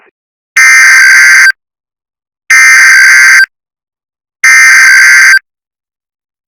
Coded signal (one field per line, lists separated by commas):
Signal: Emergency Alert System (SAME) tones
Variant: header bursts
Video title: EAs mock: special marine warning. (VALID EAS TONES! DO NOT PLAY ON AIR!) enjoy!